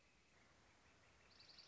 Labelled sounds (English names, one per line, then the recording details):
Northern Flicker
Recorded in Sonoma County, California